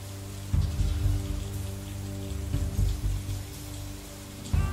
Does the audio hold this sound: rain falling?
yes